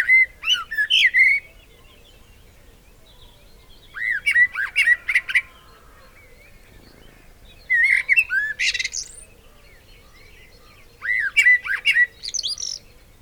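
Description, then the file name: Eurasian blackbird song in four short bursts roughly every three to four seconds, each a low warbled whistle breaking into thin, high squeaky notes. "Turdus merula"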